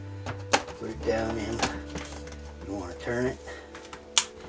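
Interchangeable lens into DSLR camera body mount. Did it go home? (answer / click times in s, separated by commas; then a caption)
yes / 4.2 s. An interchangeable lens, lined up with the white index dot, is set into the mount of a Nikon D500 DSLR camera body and twisted while someone talks. A sharp click at 4.2 s marks the bayonet locking, and the lens is seated.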